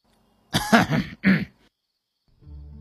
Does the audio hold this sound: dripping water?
no